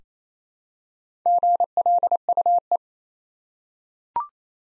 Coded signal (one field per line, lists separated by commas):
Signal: Morse code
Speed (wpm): 27 wpm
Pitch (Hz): 700 Hz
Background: none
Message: GLUE